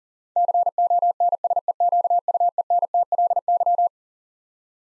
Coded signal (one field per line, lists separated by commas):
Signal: Morse code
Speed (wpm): 37 wpm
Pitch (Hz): 700 Hz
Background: none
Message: CONSEQUENTLY